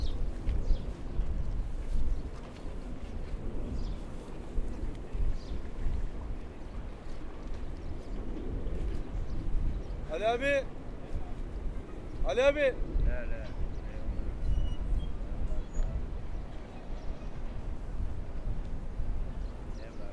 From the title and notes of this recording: Kordon, Izmir, TR. Ambient sound of Izmir Kordon Coast.